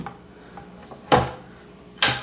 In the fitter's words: so we're just gonna go ahead and raise our bowl back up lock into place